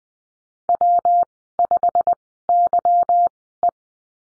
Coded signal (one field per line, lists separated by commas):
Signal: Morse code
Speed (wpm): 20 wpm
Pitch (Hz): 700 Hz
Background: none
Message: W5YE